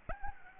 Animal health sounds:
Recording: mosquito wingbeat signal from an infrared sensor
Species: Anopheles arabiensis

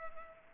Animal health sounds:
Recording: mosquito wingbeat signal from an infrared sensor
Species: Culex pipiens

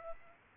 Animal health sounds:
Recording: mosquito wingbeat signal from an infrared sensor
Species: Aedes aegypti

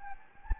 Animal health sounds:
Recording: mosquito wingbeat signal from an infrared sensor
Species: Anopheles gambiae

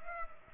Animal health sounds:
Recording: mosquito wingbeat signal from an infrared sensor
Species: Culex pipiens

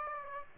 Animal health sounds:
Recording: mosquito wingbeat signal from an infrared sensor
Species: Aedes aegypti

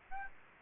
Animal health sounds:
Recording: mosquito wingbeat signal from an infrared sensor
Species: Aedes aegypti

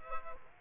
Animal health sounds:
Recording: mosquito wingbeat signal from an infrared sensor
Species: Culex quinquefasciatus

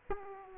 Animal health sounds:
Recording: mosquito wingbeat signal from an infrared sensor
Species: Aedes aegypti

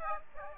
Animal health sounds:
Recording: mosquito wingbeat signal from an infrared sensor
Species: Aedes aegypti

